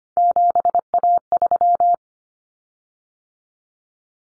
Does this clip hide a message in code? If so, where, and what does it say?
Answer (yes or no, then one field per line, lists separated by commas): yes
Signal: Morse code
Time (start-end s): 0.2-1.9 s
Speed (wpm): 25 wpm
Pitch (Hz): 700 Hz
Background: none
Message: 7A3